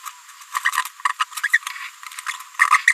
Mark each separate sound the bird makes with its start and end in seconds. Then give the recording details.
0.65-0.71, 1.19-1.24, 1.43-1.48, 1.53-1.58, 2.28-2.31, 2.71-2.78, 2.87-2.93. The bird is a female. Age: 30 days. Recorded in a nest box in Venezuela. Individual 17B73B2